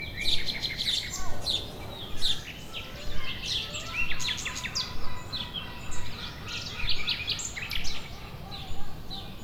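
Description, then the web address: Seagulls crying in a crowded chorus, harsh yelps and quick chattering notes repeating about once a second over low steady noise. Nature ambience with seagulls. "GDC 2017-Game Audio Bundle West Wolf - Nature Sounds. Nature ambience with seaguls"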